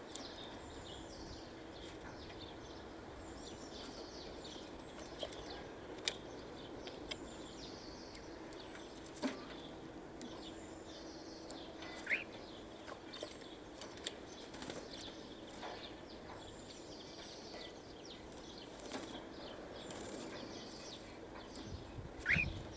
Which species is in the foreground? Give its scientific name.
Sturnus vulgaris